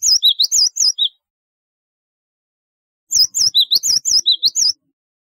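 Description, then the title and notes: Java sparrow song: a short burst of high, curling chirps, a two-second silence, then a longer run of rapid tinkling notes. "Kicau Burung Gelatik"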